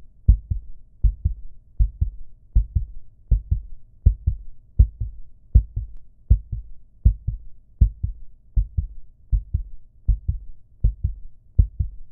Heartbeat.